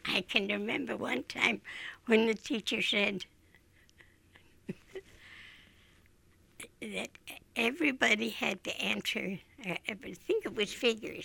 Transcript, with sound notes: I can remember one time when the teacher said [laughs] that everybody had to answer--. I think it was figures.